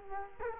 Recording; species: mosquito wingbeat signal from an infrared sensor; Culex quinquefasciatus